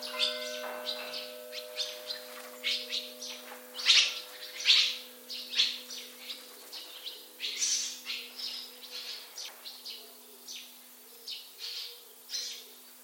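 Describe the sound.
Bird chirping: a long run of quick, high, clipped notes at an uneven pace, over a steady low hum.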